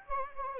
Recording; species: mosquito wingbeat signal from an infrared sensor; Anopheles gambiae